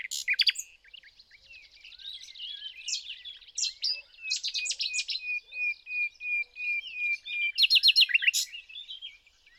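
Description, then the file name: Common nightingale song: rich varied phrases of clicks and sharp notes, with a run of repeated whistled notes and loud rapid trills near the end. "Luscinia megarhynchos"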